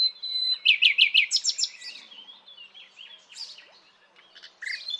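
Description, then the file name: Common nightingale song: a long whistled note, then a fast repeated series of loud notes, followed by softer twittering and a final sharp burst. "Luscinia megarhynchos"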